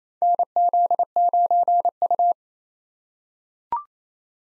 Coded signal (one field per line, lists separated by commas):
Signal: Morse code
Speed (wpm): 27 wpm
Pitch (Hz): 700 Hz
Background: none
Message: NZ9U